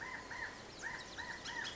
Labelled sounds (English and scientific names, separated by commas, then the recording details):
Bullock's Oriole (Icterus bullockii)
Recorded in Sonoma County, California